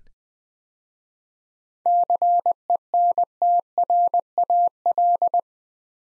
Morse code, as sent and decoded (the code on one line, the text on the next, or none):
-.-. . -. - .-. .- .-..
CENTRAL